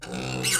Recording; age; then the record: pig call; weaner (32 to 43 days)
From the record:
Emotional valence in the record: negative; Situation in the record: long isolation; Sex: female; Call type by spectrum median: high-frequency call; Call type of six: mixed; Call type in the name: high-frequency modulated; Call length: 0.59 s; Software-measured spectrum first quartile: 1256 Hz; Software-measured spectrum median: 3871 Hz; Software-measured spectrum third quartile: 7433 Hz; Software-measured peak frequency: 1510 Hz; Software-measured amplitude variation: 117 dB a second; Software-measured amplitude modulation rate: 31.2 a second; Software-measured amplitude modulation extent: 3.8 dB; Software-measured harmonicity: 2.4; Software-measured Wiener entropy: -2.37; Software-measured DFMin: 786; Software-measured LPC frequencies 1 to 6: 417, 1489, 2280, 2827, 3892, 4409 Hz